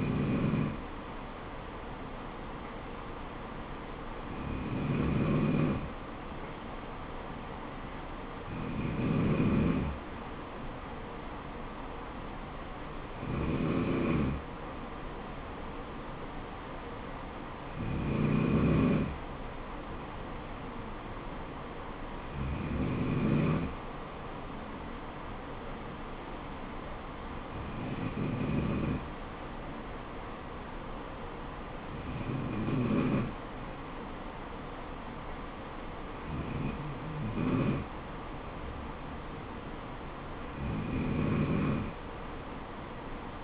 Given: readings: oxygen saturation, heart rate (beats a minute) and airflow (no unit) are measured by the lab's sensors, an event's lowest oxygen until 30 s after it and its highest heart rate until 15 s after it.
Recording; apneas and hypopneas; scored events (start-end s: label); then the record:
breathing in sleep by a voice recorder at the bedside; none
none scored
From the record:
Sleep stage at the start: N2 (light sleep); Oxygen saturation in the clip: 93 to 94%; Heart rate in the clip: 66 to 73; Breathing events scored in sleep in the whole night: 426 in 7.4 hours asleep